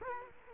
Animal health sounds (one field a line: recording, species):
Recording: mosquito wingbeat signal from an infrared sensor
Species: Culex quinquefasciatus